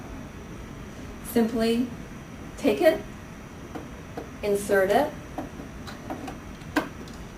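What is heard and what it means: Someone talks while the removable brewing group of a Saeco Syntia espresso machine is inserted and pressed into its housing. A few faint knocks occur around 4.2, 5.4 and 6.1 seconds, then a sharp, louder click at 6.8 seconds as the brewing group latches and locks in place.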